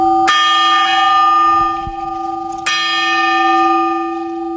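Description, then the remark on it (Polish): A clock tower bell strikes twice, each loud, resonant stroke followed by a long ringing decay with a steady low hum and bright overtones, no voices present. “Mamy mniejszy dzwon, który wybija 4 razy podczas godziny, no i mamy większy dzwon, który co godzinę się odzywa.”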